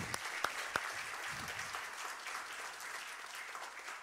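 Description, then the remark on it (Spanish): A church audience, including teachers and secretaries, gives itself a round of applause, steadily for about four seconds: a dense, even patter of many hands clapping with a few sharper claps standing out near the start. “Bueno, vamos a darnos un aplauso entre todos.”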